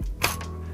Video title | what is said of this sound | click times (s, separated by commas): Beginner's Guide To Building the Bitspower Titan One 2 0 PC Step By Step! #pcbuild | just slide that in right like that and then you want to go ahead and tell clicks | 0.2 s